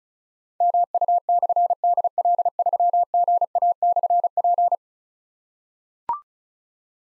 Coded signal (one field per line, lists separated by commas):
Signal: Morse code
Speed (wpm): 36 wpm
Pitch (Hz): 700 Hz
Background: none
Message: MU/DL3GA/P